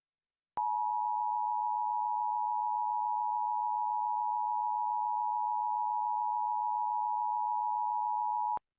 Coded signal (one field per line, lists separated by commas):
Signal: Emergency Alert System (SAME) tones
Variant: 853 and 960 Hz attention tone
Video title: EAS HISTORY 2025 - 20 YEARS